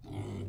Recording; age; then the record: pig call; weaner (32 to 43 days)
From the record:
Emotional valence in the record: negative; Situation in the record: long isolation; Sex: female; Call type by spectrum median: low-frequency call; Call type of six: low-frequency stable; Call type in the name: low-frequency stable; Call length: 0.48 s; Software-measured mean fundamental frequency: 43 Hz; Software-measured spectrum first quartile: 105 Hz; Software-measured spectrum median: 210 Hz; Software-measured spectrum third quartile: 481 Hz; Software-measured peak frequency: 106 Hz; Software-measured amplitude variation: 104 dB a second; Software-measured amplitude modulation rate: 25.9 a second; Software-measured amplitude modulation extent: 4.0 dB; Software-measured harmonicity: -3.6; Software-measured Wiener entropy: -0.14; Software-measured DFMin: 1382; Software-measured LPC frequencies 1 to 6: 2133, 3060, 3570, 4408, 6318, 7672 Hz